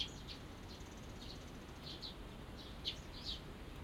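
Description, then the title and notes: Small birds chirping: short high twittering notes in loose bursts, two brighter chirps near the end, over a soft low background hum. Binaural recording of small birds singing in a small garden in a corner of Yushima Tenjin shrine, Tokyo, Japan, surrounded by buildings, after rain. "小鳥のさえずり、雨上がりの庭園にて（Binaural）- Birds singing in the garden. 湯島天神の片隅にある小さな庭園で録音しました。"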